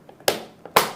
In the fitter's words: and push it until it clicks